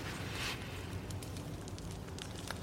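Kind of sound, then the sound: nature, campfire crackling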